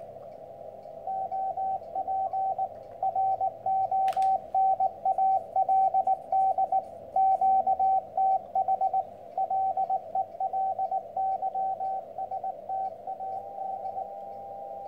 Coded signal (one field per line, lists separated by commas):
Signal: Morse code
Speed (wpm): 19 wpm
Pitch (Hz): 770 Hz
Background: radio noise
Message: OP RONALD QTH LELYSTAD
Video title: The Weber Soda Pop Morse Code Radio, Boxing Up & Contacts.